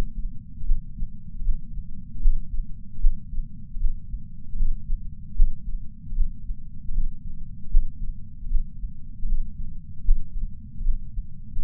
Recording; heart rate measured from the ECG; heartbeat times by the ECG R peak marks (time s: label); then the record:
heart sounds by patch sensor on the chest; 77 bpm
0.66 s: heartbeat
1.43 s: heartbeat
2.22 s: heartbeat
3.01 s: heartbeat
3.79 s: heartbeat
4.57 s: heartbeat
5.36 s: heartbeat
6.15 s: heartbeat
6.92 s: heartbeat
7.71 s: heartbeat
8.49 s: heartbeat
9.26 s: heartbeat
10.05 s: heartbeat
10.83 s: heartbeat
11.60 s: heartbeat
From the record:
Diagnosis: coronary artery disease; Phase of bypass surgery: postoperative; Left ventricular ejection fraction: 54.7%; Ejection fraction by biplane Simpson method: 53.9%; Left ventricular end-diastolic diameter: 46 mm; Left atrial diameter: 34 mm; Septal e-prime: 6.6 cm/s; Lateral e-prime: 6.8 cm/s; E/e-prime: 16.6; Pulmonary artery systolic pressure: 36 mmHg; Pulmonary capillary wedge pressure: 11 mmHg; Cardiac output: 4.5 L/min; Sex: male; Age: 74 years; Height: 175 cm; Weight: 66 kg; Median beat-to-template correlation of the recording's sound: 0.84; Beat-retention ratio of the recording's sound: 0.98